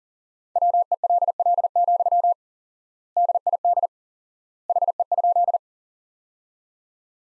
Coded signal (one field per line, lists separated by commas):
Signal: Morse code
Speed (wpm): 37 wpm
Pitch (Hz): 700 Hz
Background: none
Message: WELL, DID HE?